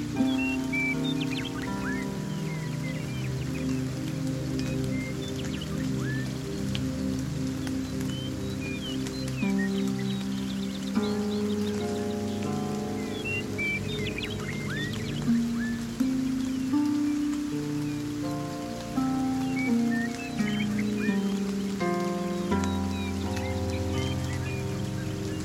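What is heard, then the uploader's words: Steady rain fills the whole clip with an even, constant wash, beneath a low sustained drone whose tones shift now and then. Scattered bright bird chirps and calls sound throughout, frequent, over the unchanging rain. Relaxing Rain & Jungle Sounds.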